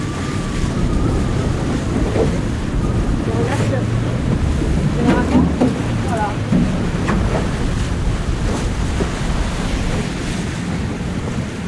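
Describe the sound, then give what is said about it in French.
A boat rides a choppy sea in strong wind over shallow water, where wind and current make the sea build very quickly, with a constant low roaring rush of wind buffeting and water slapping, broken by brief splashes and thumps against the hull. “Et donc quand le courant arrive, là en plus vent, courant, en fait ça monte tout de suite, dans la mer en fait grossit très rapidement.”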